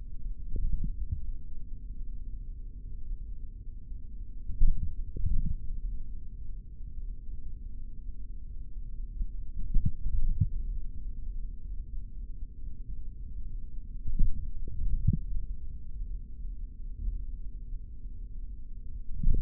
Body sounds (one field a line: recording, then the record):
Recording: forearm muscle sounds (acoustic myography)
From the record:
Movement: index flexion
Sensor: system 3, bracelet of six PUI Audio POM-2738L microphones around the upper forearm, with dedicated amplification and filtering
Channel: 3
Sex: male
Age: 26 years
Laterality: right